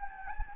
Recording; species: mosquito wingbeat signal from an infrared sensor; Anopheles gambiae